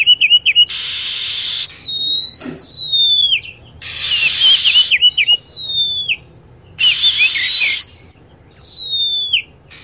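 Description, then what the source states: Lovebird calls: sharp, high downward-swept whistles follow rasping bursts about a second long, in a steady alternating rhythm. Lure sound used to attract lovebirds.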